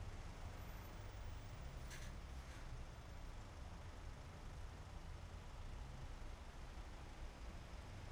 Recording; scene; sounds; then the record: everyday scene through a hearing-aid microphone; in traffic; traffic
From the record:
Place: main city hub, rush hour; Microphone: behind the ear, left, front